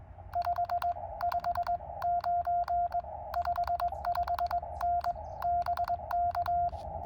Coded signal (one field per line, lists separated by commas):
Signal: Morse code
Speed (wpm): 21 wpm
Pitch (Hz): 700 Hz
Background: none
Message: 559 55N BK